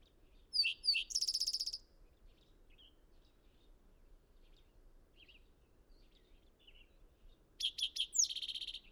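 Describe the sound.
Bird song: two high phrases of sharp chipping notes ending in a fast buzzy trill, one near the start and one near the end, with faint scattered chirps between.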